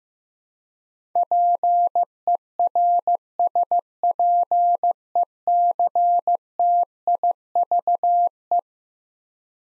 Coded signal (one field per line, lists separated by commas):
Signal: Morse code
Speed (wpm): 15 wpm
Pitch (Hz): 700 Hz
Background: none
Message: PERSPECTIVE